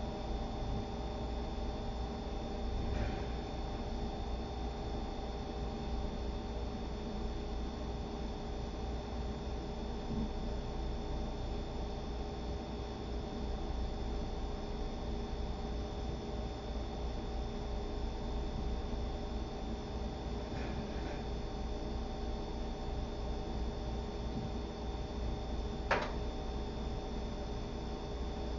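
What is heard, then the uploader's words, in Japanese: Kitchen sounds while preparing a sake-lees pickling bed: a steady low hum throughout, faint knocks near 3 and 21 seconds, a sharp click near 26. キッチンでの物音。粕漬けを作るための粕床を作っています。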